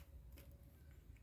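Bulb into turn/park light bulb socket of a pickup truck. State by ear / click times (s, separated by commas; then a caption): seated / 0.4 s. A bulb for a 2001 Ford F250 pickup truck's turn/park light is lined up by the groove across its top and slid into the turn/park light bulb socket. A short, sharp click sounds at 0.4 s over a steady low hum, and the bulb is seated.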